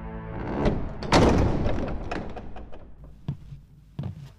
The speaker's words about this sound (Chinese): 吱呀声响，佛堂的门被推开，月色照进来。